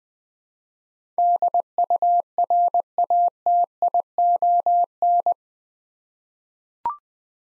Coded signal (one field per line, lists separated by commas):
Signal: Morse code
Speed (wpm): 21 wpm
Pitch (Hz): 700 Hz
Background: none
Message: DURATION